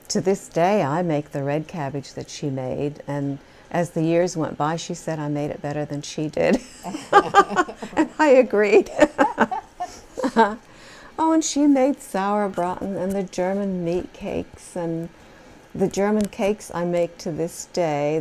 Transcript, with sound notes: To this day I make the red cabbage that she made. And as the years went by she said I made it better than she did. (she laughs) And I agreed. Oh, and she made Sauerbraten and the German meat cakes and the German cakes I make to this day.